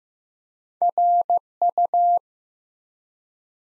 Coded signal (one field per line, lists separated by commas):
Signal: Morse code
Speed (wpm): 15 wpm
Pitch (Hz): 700 Hz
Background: none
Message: RU